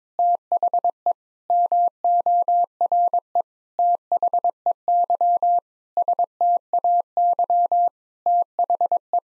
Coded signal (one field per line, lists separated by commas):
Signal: Morse code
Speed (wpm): 22 wpm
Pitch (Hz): 700 Hz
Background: none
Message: THE MORE THEY STAY THE